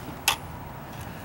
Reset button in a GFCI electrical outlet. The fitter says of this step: did you hear it click